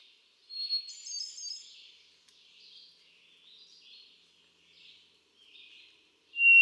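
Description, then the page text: Hermit thrush song: one clear phrase of a whistle and fluty notes, then several softer phrases at varied pitches, with a loud new whistle starting at the very end. Male singing at Quabbin Park, Ware, Massachusetts on 13 June 2006, cycling through his repertoire of about ten different songs. "Birdsong for the Curious Naturalist. Hermit thrush. A truly gifted and inspiring songster, example 1. Can you hear how he cycles through his repertoire of about ten different songs? June 13, 2006. Quabbin Park, Ware, Massachusetts"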